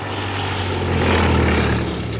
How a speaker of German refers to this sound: Da entstand plötzlich ein Geräusch und eine Bewegung in der Luft. Alle erhoben ihre Augen und gewahrten in mittlerer Höhe ein dunkles Objekt, ein zweimotoriges Flugzeug, das zielstrebig auf den gemalten Himmel zusteuerte.